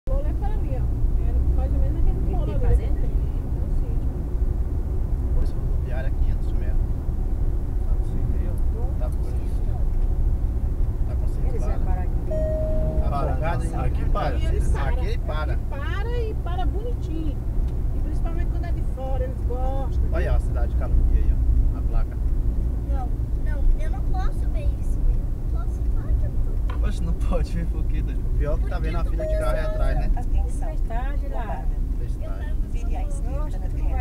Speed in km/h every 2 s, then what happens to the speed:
69, 73, 73, 74, 74, 73, 68, 67, 67, 65, 61, 57, 56, 52, 46, 42, 38.
0-8 steady at about 73. 8-13 slows to 67. 17-34 slows to 38.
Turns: none.